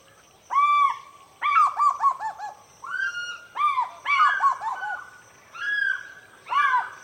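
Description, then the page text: African fish eagle calls: loud ringing yelps, each a clear high note followed by quick falling notes, in several bursts, sometimes overlapping. Several birds calling at dawn over water at Djoudj National Bird Sanctuary, Senegal. "African fish eagles. Recorded by George Vlad"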